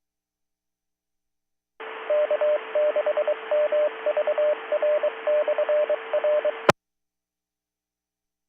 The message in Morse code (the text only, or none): K6MVR/RE